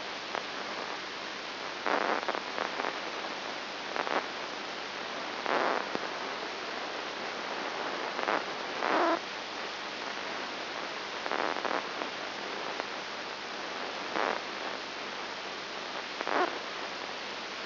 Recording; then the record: brain microelectrode recording played as sound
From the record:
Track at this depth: inside the subthalamic nucleus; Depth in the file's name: 3.102 mm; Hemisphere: left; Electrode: 3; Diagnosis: Parkinson's disease